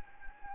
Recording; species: mosquito wingbeat signal from an infrared sensor; Anopheles gambiae